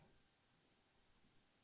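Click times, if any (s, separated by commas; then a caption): none. A 2.5-inch SATA drive is held over the bay of a USB-C drive dock and turned so its connector faces the dock's connector before it is inserted. The 1.7-second stretch is quiet, with only a low steady background hiss and no clicks or impacts. Nothing has seated or clicked yet.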